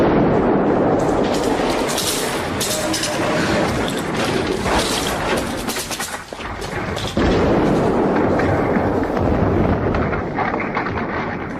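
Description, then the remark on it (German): A bomb set off by its detonator explodes, also blowing up a fuel store, roaring as a loud, sustained wall of rumbling, crackling noise that dips briefly midway, then surges back and keeps thundering with no voices. “löste die Zündung aus, die Bombe explodierte und nahm mit sich hoch.”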